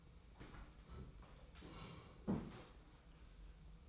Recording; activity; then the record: daily activity, microphone in the room; sit down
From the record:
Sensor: 1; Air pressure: 990.6 hPa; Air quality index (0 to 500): 155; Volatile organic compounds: 1000 ppm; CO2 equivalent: 5628 ppm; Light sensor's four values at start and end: 27/64/27/30 and 27/64/27/30